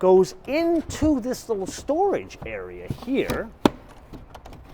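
Someone talks while the rigid rear parcel shelf of a 2019 Volvo XC40 T5, removed and flipped over, is pushed into a stowage slot in the cargo area, where it is meant to lock so it doesn't rattle. A few faint short knocks are heard near the end. Nothing has seated or clicked yet.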